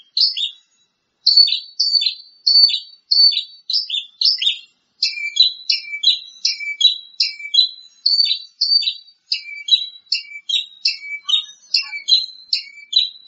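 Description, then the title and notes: Bird song of sharp, high chirps and whistled notes in quick repeated phrases, each phrase sweeping down, continuing steadily through the recording with short pauses. "Kicau Burung Lengkap"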